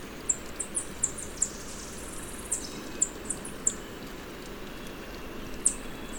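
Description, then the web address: Spotted tanager calls: sharp, high-pitched single chips spaced irregularly, about ten notes with a brief gap midway and a longer gap near the end, against faint background hiss. Recorded in Ecuador. "Birds of Ecuador. Spotted Tanager"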